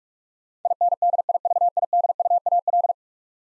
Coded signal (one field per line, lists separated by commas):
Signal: Morse code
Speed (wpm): 41 wpm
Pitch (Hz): 700 Hz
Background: none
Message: INDIVIDUAL